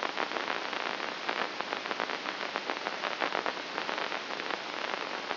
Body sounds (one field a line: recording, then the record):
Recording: brain microelectrode recording played as sound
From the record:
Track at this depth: inside the subthalamic nucleus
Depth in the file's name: 3.831 mm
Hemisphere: left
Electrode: 2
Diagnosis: Parkinson's disease